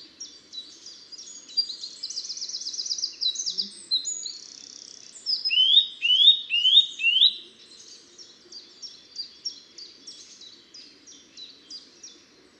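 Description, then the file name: Eurasian nuthatch calls: a few loud, rising whistled notes in a quick series midway, set against a long run of rapid, high chirping notes. "Sitta europaea"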